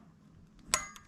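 A screwdriver from a kit pushes the front valve spring retainer down over the valve keepers on a K20 cylinder head, giving one sharp metallic hit at 0.7 s. The retainer seats onto the keepers.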